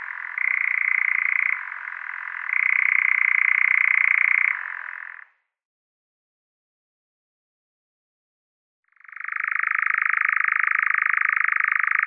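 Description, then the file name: European nightjar giving a continuous mechanical churr that alternates between two pitches, stops for about four seconds, then resumes strongly. "Eurasian Nightjar"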